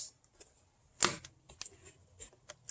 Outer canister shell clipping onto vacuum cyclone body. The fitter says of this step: again these are those clips that are really holding it in place so you're going to hear it snap in it's kind